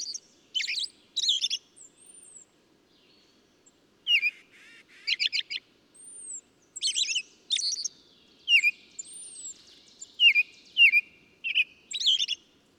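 Bird song of bright chirps and rapid trilled bursts, interspersed with thin arched whistles, the phrases coming in quick irregular runs.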